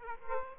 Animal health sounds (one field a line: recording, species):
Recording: mosquito wingbeat signal from an infrared sensor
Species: Aedes aegypti